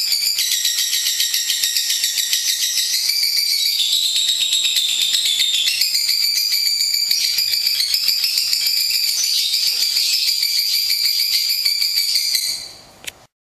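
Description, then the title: Lovebird song: a long, unbroken, rapid shrill chattering trill with a slightly shifting pitch, running steadily until it stops abruptly near the end. National champion lovebird. "Suara Lovebird Juara Nasional"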